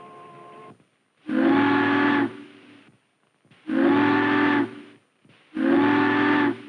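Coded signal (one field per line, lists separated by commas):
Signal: ship horn signal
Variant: steam whistle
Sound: three deep steam whistle blasts, each about a second, with hissy overtones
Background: steam hiss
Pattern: 3 long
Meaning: The ship asks the bridge tender to open the bridge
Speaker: Bob listens for her to signal for the bridge. 3 long whistles. The bridge tender knows that the ship is turning for the bridge.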